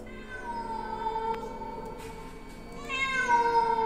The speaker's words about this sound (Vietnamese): Con mèo dừng vặn vẹo, nhìn thẳng vào Lâm mà rít lên.